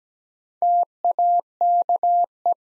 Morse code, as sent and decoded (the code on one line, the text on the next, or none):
- .- -.- .
TAKE